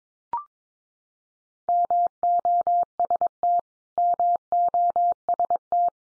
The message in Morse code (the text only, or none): MOST MOST